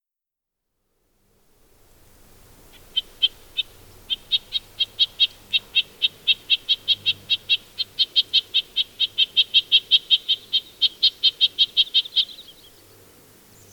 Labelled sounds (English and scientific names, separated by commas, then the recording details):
Red-breasted Nuthatch (Sitta canadensis) call
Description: Red-breasted Nuthatch call recorded on the Gem Lake Trail in Rocky Mountain National Park
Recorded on 22 June 2015